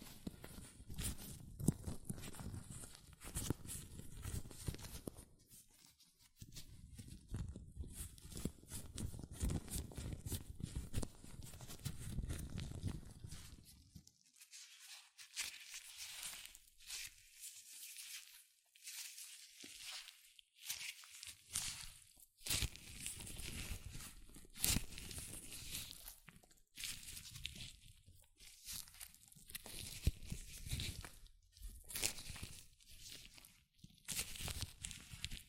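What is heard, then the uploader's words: Latex gloves rubbed and handled in an uneven stream of crinkly, squeaky rustling and snapping. The first fourteen seconds carry fuller, heavier friction; after that the sounds thin into brighter, sparser crackles and taps with brief near-silent gaps, continuing irregularly to the end. ASMR Latex Gloves Hand Sounds (No Talking).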